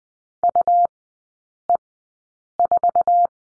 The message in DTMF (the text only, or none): none